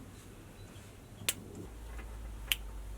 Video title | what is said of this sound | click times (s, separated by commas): INSTALL AN ESPAR HEATER IN YOUR CAMPER VAN | both clicked in there now I'm just gonna put a 5 amp fuse in there and then | 1.3 s, 2.5 s